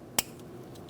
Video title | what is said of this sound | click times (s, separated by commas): How to Replace Fuel Tank Filler Neck 2008-2016 Chrysler Town & Country 3.8L V6 | We're going to press it in. We'll listen for a click. | 0.2 s